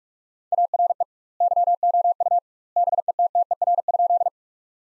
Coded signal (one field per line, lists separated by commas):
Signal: Morse code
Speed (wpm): 42 wpm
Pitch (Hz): 700 Hz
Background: none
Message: ARE YOU BETTER?